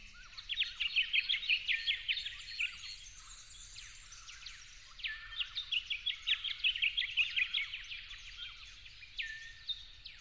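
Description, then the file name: Yellow-faced honeyeater song: quick series of sharp, bright chirping notes in two bursts with a short pause between, over a faint low rumble. At dawn, dated 08/01/12. "YELLOW-FACED-HE-DAWN-080112"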